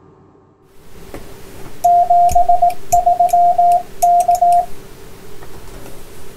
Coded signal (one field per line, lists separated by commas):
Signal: Morse code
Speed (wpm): 18 wpm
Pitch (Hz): 700 Hz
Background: radio noise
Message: 73 K